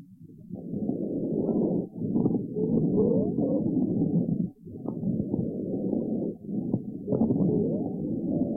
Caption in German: Wie markant und eindeutig pathologische Lungengeräusche selbst für den Ungeübten zu erkennen sein können. Dieses Schallbeispiel stellt allerdings einen Extremfall dar.